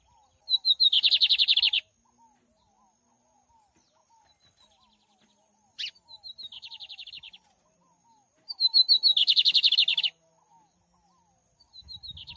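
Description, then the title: Lined seedeater song: loud, fast buzzy trills, with a softer phrase between them and faint chirps underneath. Tutor song in the gavião negro style for teaching birds to sing, recorded live with a waterfall. "Bigode Professor De Canto Cantando Ao Vivo Com Cascata"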